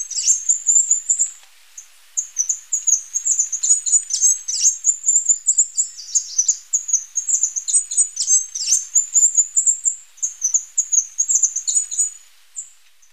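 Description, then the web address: Blue-winged mountain tanager chatter: a nearly continuous, very high twittering stream of rapid thin notes, running almost unbroken for the whole stretch. Ecuador. "Birds of Ecuador. Blue-winged Mountain-Tanager"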